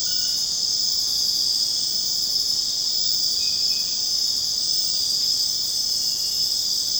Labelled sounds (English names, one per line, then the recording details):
none
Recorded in secondary vegetation near Puerto Asís, Putumayo, Colombia, on 29 June 2025 at 22:30
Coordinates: 0.484, -76.319
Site G074